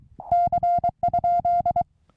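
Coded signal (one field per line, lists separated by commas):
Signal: Morse code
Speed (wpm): 24 wpm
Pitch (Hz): 750 Hz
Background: music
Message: C?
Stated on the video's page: QCX Mini QRP transceiver tested for Summits On The Air activations.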